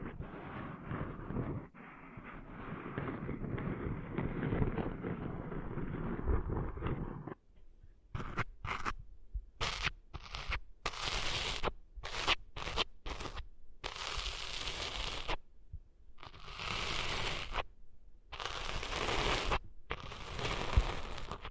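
Sand cleaned from an ear: a dense muffled rubbing for seven seconds, then sharp bright scratchy bursts in quick irregular bouts with brief silences.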